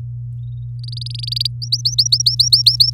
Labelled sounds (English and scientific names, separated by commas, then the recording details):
Domestic Canary (Serinus canaria) song
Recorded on 4 May 2018 at 08:27
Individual llb16